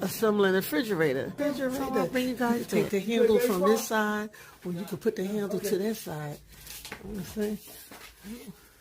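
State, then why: Not seated. A refrigerator door handle is handled while a new refrigerator is being assembled, with the handle able to go on either side of the door. Someone talks throughout, and no distinct click is heard. The handle has not clicked or seated into the door yet.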